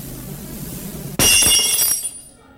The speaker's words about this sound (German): Was fällt dir ein, mit Gläsern herumzuschmeißen? Herumzuschmeißen? Das Glas schwebte ganz langsam herab.